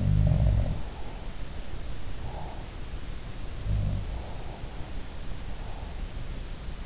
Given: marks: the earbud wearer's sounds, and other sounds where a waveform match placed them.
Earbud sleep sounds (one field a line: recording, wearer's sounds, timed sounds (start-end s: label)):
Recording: sounds in sleep by an in-ear microphone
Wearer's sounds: breath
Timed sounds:
0.00-0.90 s: sound from someone else or the room
2.23-2.75 s: breath
3.51-4.27 s: sound from someone else or the room